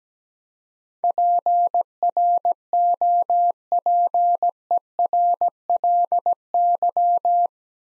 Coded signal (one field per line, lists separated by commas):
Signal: Morse code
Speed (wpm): 17 wpm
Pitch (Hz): 700 Hz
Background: none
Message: PROPERLY